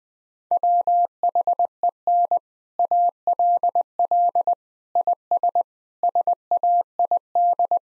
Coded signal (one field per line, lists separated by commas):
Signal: Morse code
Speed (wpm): 20 wpm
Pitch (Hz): 700 Hz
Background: none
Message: WHEN ALL IS SAID